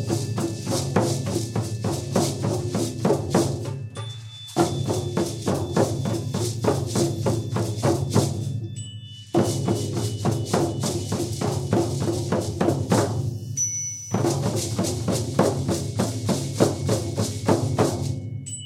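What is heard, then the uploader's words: A drum circle plays a dense, steady hand-drum pattern with a galloping horse-beat feel, striking quickly and regularly. The playing comes in four phrases of about four to five seconds, each ending in a brief pause or fade before restarting, with bright ringing overtones above. Horse Beat Drum Sequence. Drum Circles improvised recordings in a community setting with novice & experienced participants.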